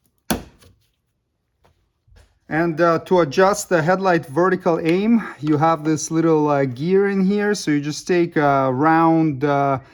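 A plastic retaining clip is snapped onto the headlight lens housing assembly of a 2007-2013 Toyota Tundra truck, giving one loud, sharp snap at 0.3 s as it seats. A short quiet follows, and then someone talks for the rest of the clip.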